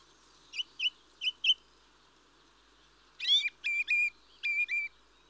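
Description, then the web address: Mistle thrush song of a few quick whistled notes, a pause, then a rich phrase of slurred fluting whistles. "The BBC Sound Effects Library. Mistle Thrush (Turdus Viscivorus)"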